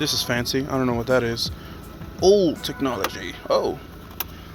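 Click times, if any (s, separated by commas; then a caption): 4.2 s. An unfamiliar older-style part in the engine bay of an old track car, being cleaned up, is fitted into its mount while someone talks. It snaps home with a sharp, brief click at 4.2 s, seating in place.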